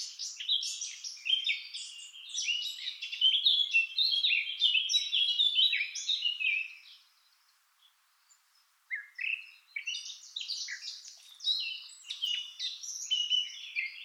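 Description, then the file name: Eurasian blackcap song: a long rapid warble of varied notes, a silent gap of about two seconds, then a fresh chattering phrase continuing to the end. "Sylvia atricapilla"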